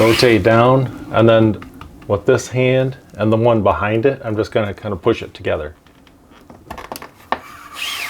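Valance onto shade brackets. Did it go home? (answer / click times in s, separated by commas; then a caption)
yes / 7.3 s. A valance is started at the top, rotated down and pushed together by hand onto the brackets of a 2025 model Bali roller shade, which is meant to pop into place. Someone talks for the first six seconds, then a few small taps and rubs follow. A sharp click at 7.3 seconds marks the valance seating on the brackets.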